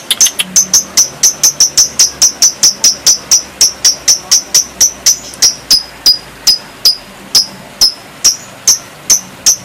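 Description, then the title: Java sparrow song: a steady series of sharp, high clicking notes with short ringing tones, about four per second, slowing toward the end. "kicau gelatik"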